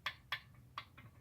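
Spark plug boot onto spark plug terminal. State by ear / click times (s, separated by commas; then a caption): partly seated / 0.1 s, 0.3 s, 0.8 s. A rubber spark plug boot on a Honda G150 scooter engine is pushed onto the spark plug terminal and moved, giving faint, short ticks at 0.1 s, 0.3 s and 0.8 s, with a softer one near 1.0 s. The boot is loose and does not snap firmly onto the connector piece, so it needs to be replaced.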